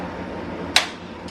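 A computer component is pressed further into its motherboard slot, and a second latch gives a sharp, bright click at 0.8 s over a low, steady background hum. The part is seated.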